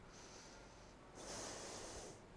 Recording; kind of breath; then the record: one breath in and out by a microphone near the nose and mouth; deep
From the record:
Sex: female